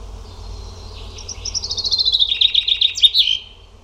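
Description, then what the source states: Bird song: one phrase of quick high chirps that speeds into a descending, rattling trill and ends with a sharp flourish. Recording contains only bird sounds.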